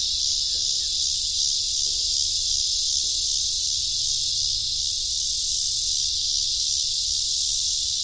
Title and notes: Interlude - Cicadas. It was late August, and I was in central Iowa. a creek, surrounded by cottonwood trees. The trees were filled with 17-year cicadas